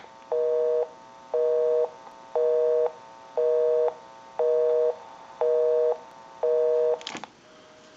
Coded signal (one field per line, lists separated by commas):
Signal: telephone call progress tone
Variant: North America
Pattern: busy tone